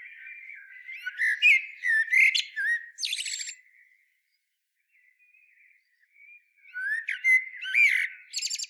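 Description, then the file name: Common blackbird singing: a rich warbled phrase closing in a rapid high twitter, a pause with only faint notes, then another phrase with squeaky ends. "Turdus merula"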